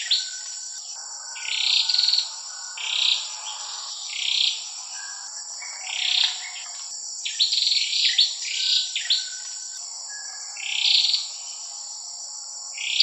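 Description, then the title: Oriental magpie-robin song: smeared rising whistled phrases at irregular intervals, with a denser cluster midway, over a steady high-pitched whine. "Kicau Kacer"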